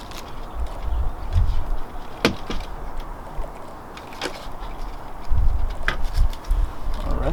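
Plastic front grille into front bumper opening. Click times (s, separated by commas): 2.2 s, 5.9 s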